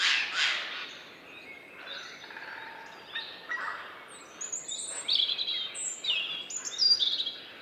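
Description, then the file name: Eurasian jay making two loud harsh rasps at the start, then softer grating notes, while thin high whistles from other birds sound later. "Garrulus glandarius"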